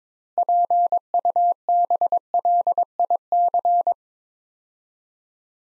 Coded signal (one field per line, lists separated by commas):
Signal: Morse code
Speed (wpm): 22 wpm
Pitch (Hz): 700 Hz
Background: none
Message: PUBLIC